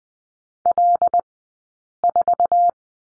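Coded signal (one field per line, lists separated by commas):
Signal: Morse code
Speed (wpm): 20 wpm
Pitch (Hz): 700 Hz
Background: none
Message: L4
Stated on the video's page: Morse course lesson on number 9 with two characters, at Farnsworth speed of 20/10 wpm.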